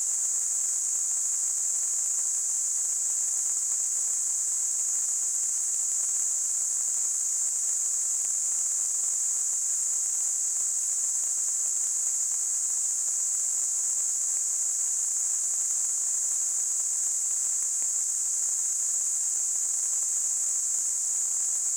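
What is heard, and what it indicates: A steady, very high-pitched hiss holds at one level for about 22 seconds, with no breaks or changes. It is a simulated tinnitus sound: a narrow band of noise that imitates the constant ringing or hissing some people hear in their ears.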